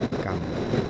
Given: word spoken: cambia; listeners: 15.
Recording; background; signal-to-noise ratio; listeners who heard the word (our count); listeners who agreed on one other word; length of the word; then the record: one Spanish word in noise, from a listening test; noise modulated by three-talker babble; -3.2 dB; 1 of 15; 8 of 15; 0.50 s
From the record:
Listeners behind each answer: 8, 5, 1, 1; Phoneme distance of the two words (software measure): 10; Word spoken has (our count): 2 syllables, 6 phonemes, stress on syllable 1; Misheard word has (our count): 2 syllables, 6 phonemes, stress on syllable 1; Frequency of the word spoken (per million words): 27.08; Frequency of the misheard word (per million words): 306.85